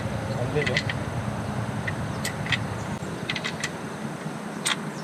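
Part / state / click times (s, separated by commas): air hose quick coupler into nail gun air inlet fitting / not seated / none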